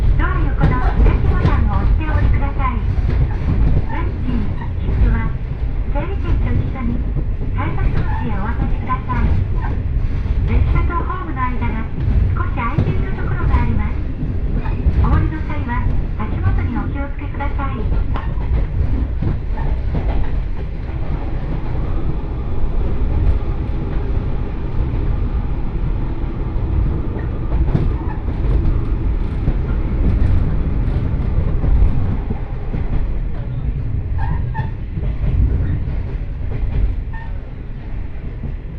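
A two-car diesel railcar runs unhurriedly along the Johana Line, its engine rumble steady and low throughout. Through the first twenty seconds, clattering wheel knocks and faint voices come and go; later the ride smooths into a continuous drone with occasional brief squeals.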